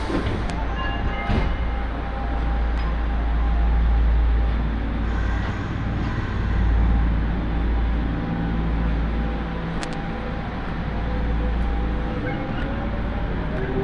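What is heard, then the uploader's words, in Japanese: A train ride on the Aonami and Higashiyama lines, with a heavy, steady low rumble that swells around four and seven seconds. A faint whining tone runs through it, and a few sharp clicks and rattles break in near the start and around ten seconds. 鉄道旅 あおなみ線・東山線 金城ふ頭→荒子・高畑→名古屋。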